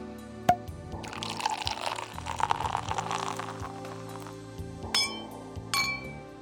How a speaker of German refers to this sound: Um Mitternacht fliegen die Korken.